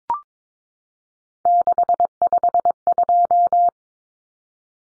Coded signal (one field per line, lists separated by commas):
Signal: Morse code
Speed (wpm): 22 wpm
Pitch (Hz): 700 Hz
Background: none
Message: 652